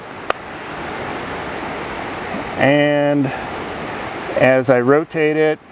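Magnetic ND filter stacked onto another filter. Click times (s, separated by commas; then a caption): 0.3 s. A second NiSi JetMag Pro magnetic ND filter, of a 10-stop and 6-stop pair, is stacked onto the first filter and snaps on magnetically with a single sharp click at 0.3 s, seating it. A steady hiss continues, and then someone talks.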